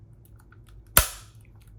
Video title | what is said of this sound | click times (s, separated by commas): J&TOP Adjustable Mount Clip for Switch Official Pro Controller- Is this $13 Mount clip worth it? | and that is the snap that I was mentioning before | 1.0 s